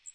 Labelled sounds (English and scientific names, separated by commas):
Magnolia Warbler (Setophaga magnolia) flight call